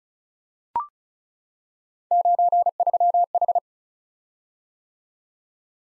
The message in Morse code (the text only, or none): 93H